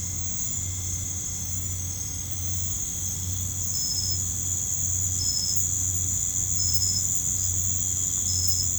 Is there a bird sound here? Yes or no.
no